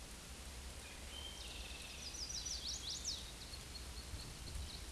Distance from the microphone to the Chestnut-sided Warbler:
about 55 m